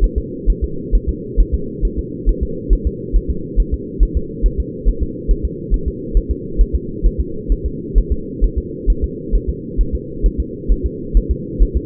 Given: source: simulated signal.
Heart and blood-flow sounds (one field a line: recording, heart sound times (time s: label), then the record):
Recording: fetal heart sounds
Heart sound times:
0.04 s: S1
0.18 s: S2
0.50 s: S1
0.64 s: S2
0.95 s: S1
1.09 s: S2
1.40 s: S1
1.54 s: S2
1.85 s: S1
1.99 s: S2
2.29 s: S1
2.43 s: S2
2.73 s: S1
2.87 s: S2
3.16 s: S1
3.30 s: S2
3.60 s: S1
3.74 s: S2
4.03 s: S1
4.17 s: S2
4.46 s: S1
4.60 s: S2
4.88 s: S1
5.03 s: S2
5.31 s: S1
5.45 s: S2
5.74 s: S1
5.88 s: S2
6.17 s: S1
6.31 s: S2
6.61 s: S1
6.75 s: S2
7.06 s: S1
7.20 s: S2
7.52 s: S1
7.66 s: S2
7.98 s: S1
8.12 s: S2
8.44 s: S1
8.58 s: S2
8.90 s: S1
9.04 s: S2
9.35 s: S1
9.49 s: S2
9.81 s: S1
9.95 s: S2
10.26 s: S1
10.40 s: S2
10.72 s: S1
10.86 s: S2
11.17 s: S1
11.31 s: S2
11.62 s: S1
11.77 s: S2
From the record:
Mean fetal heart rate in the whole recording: 135 bpm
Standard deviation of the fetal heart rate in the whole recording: 3 bpm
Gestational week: 36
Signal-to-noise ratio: -4.3 dB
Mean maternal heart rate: 72 bpm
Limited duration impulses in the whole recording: absent